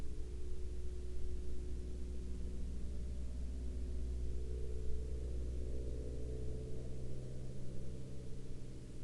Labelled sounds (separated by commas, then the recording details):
aircraft
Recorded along the Dalton Highway, Alaska, on 24 April 2019 at 10:50
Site 08